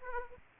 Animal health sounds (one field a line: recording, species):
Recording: mosquito wingbeat signal from an infrared sensor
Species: Aedes aegypti